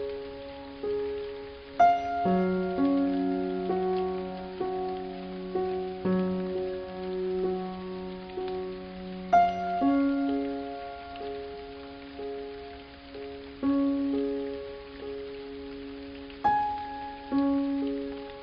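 Soft, slow piano-like notes ring out in gentle repeating phrases, with fuller chords around two, nine and sixteen seconds over a faint rainy hiss.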